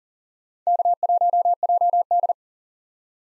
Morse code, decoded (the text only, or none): K1JD